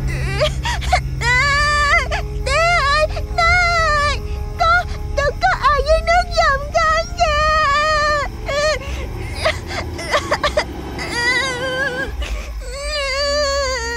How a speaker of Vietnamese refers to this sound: Con nhỏ sợ quá, ú ớ được mấy tiếng rồi bật khóc thét lên. Tiếng khóc xé toạc màn đêm tĩnh mịch của xứ rạch này.